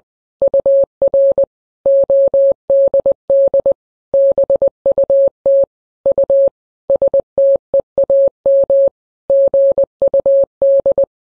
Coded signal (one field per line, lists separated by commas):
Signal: Morse code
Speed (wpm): 21 wpm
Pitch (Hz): 550 Hz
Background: none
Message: UR ODD BUT U STEAM GUD